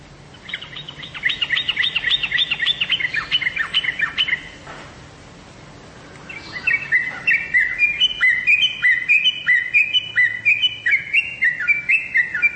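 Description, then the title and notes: Bird chirping: a burst of rapid stacked chirps, a short quiet gap, then a new run of crisp, downward-sliding notes repeated briskly until the end. "Bird Sound. Kicau Burung Lengkap"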